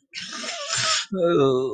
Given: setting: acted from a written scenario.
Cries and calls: vocal sound without words; sympathy

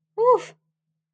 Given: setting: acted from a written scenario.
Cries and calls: vocal sound without words; negative surprise

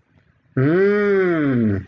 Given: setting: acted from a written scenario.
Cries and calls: vocal sound without words; realization

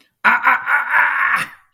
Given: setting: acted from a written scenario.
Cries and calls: vocal sound without words; pain

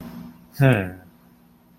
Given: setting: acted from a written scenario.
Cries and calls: vocal sound without words; pride

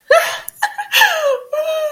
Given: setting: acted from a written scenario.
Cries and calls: vocal sound without words; positive surprise

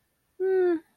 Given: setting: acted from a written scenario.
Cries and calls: vocal sound without words; disappointment

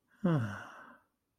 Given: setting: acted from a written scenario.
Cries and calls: vocal sound without words; serenity

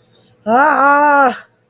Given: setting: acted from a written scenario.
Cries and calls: vocal sound without words; distress

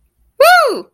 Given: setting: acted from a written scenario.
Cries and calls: vocal sound without words; triumph

